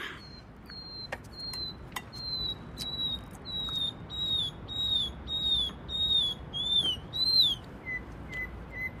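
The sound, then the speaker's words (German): A nightingale sings a repeated series of clear, high whistled notes rising in a crescendo, broken by sharp clicks, over a low steady background rumble. “Das ist doch keine Amsel. Was ist denn sonst? Na, eine Nachtigall.”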